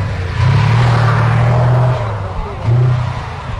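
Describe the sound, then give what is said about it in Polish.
A loud, unmuffled engine of a museum's tracked armored display vehicle with no silencer roars with a deep, rumbling drone, surging in one long rev and then a second shorter burst, steady mechanical noise throughout. “Chyba szokuje najbardziej hałas wywoływany. Pojazdy te nie mają tłumików, są niczym niestłumione”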